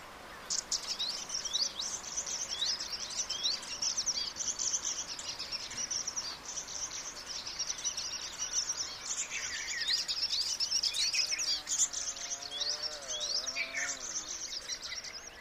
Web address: sound Baya-weaver